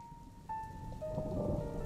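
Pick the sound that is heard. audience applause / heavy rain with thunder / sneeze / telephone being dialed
heavy rain with thunder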